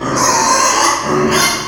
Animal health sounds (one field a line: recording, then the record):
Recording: squeal of a Yucatan mini pig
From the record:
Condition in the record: before surgery on the right vocal fold (resection and tissue-engineered implant)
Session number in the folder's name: 2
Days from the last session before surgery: 0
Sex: male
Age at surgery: 12 weeks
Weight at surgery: 13 kg